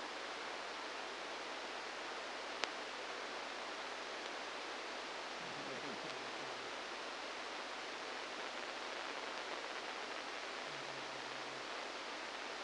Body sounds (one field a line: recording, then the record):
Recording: brain microelectrode recording played as sound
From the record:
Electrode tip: inside the subthalamic nucleus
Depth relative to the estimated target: -1 mm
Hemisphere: left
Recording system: NeuroSet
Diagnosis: Parkinson's disease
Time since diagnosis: 10 years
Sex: male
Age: 63 years